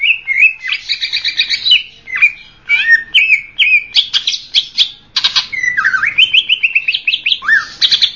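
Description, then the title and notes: Greater green leafbird song of rapid chirps and twittering trills mixed with down-slurred whistles and harsher buzzy bursts, delivered continuously. Champion-grade cucak ijo song. "Kicau Burung Cucak Ijo Juara. Suara kicauan burung cucak ijo"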